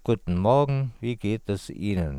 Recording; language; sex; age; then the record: spoken sentence; German; male; 40 to 49 years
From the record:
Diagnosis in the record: oropharyngeal tumor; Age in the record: 43 years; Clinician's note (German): Zustand nach Mesopharynx-OP + Radiatio; Ödem Aryhöcker